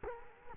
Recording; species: mosquito wingbeat signal from an infrared sensor; Culex quinquefasciatus